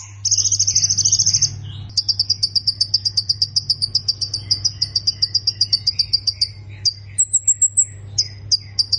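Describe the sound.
Plain prinia song opening with a dense buzzy trill, then a brief pause and a long run of rapid, evenly spaced high chirps, over a low hum.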